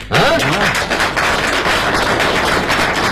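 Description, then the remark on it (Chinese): An audience breaks into loud, dense applause that holds steady for several seconds, with a short voiced exclamation rising over the clapping at the very start. “哎呀，感谢大家， 还没唱就鼓掌了， 太热情了。”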